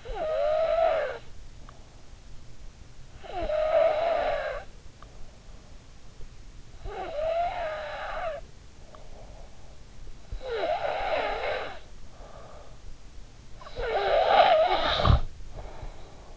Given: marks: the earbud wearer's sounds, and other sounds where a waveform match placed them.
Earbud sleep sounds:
sounds in sleep by an in-ear microphone; snoring breath
0.00-2.52 s: snoring breath
2.58-16.37 s: snoring breath

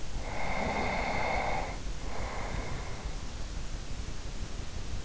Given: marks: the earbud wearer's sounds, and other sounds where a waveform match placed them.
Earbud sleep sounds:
sounds in sleep by an in-ear microphone; breath
0.25-3.32 s: breath

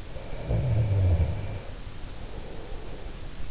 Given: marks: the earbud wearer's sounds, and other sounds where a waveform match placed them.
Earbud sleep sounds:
sounds in sleep by an in-ear microphone; snoring breath
0.34-3.08 s: snoring breath

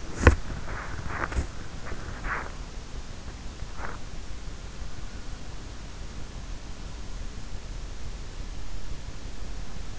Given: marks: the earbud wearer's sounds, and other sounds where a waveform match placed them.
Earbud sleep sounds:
sounds in sleep by an in-ear microphone; body movement
0.00-3.70 s: body movement

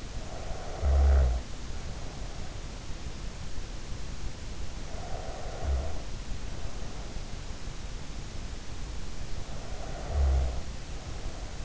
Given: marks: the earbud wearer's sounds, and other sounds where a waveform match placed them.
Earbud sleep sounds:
sounds in sleep by an in-ear microphone; snoring breath, breath
0.00-2.39 s: snoring breath
4.89-7.37 s: breath
9.53-11.65 s: snoring breath

